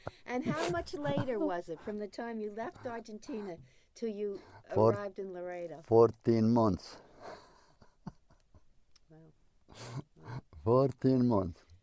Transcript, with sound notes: And how much later was it, from the time you left Argentina 'til you arrived in Laredo?
Fourteen months. (chuckles)
Wow.
Fourteen months.